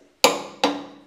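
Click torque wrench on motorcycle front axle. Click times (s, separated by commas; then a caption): 0.2 s. A click-type torque wrench is pulled again on a motorcycle front axle and gives its second click at 72 ft-lb, at 0.2 s. A sharp, bright click rings out and fades, followed by a softer second snap at 0.6 s that also rings down. The axle is confirmed torqued; the double click is done twice for its satisfying sound but is not required.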